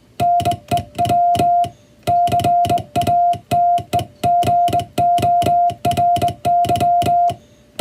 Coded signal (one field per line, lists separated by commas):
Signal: Morse code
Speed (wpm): 22 wpm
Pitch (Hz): 700 Hz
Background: music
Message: NEW CATEGORY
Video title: 【モールス信号を解読せよ！】暗号のようなトンとツーの信号を解読すると文章になります。こんな仕事がありました(receive practice for radiotelegraph operator )